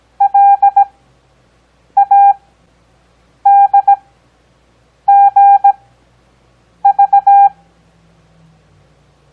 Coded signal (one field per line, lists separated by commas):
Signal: Morse code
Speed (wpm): 17 wpm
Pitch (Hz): 800 Hz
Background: none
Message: LADGV